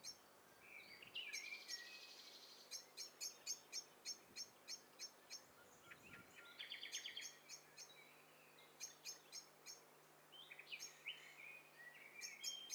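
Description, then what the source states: Several birds mixed, with rapid trains of high ticks, buzzy trills and short whistled phrases overlapping throughout, over a constant low hum. A mixture of several birds, in stereo.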